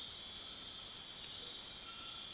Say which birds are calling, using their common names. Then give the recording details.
none. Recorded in dense forest near Puerto Asís, Putumayo, Colombia, on 18 February 2024 at 23:30. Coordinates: 0.499, -76.324. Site G6469